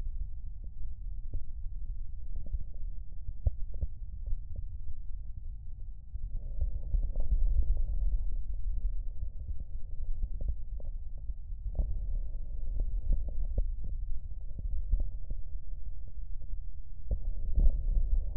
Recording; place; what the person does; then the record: lung sounds by stethoscope; right posterior basal chest; quiet breathing, then deep breathing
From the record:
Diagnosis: interstitial lung disease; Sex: male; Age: 61 years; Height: 172 cm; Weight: 71 kg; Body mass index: 24.0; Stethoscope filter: extended mode